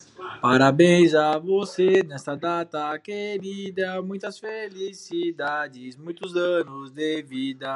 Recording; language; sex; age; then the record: short text; Brazilian Portuguese; male; 40 to 49 years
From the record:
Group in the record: control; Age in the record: 40 years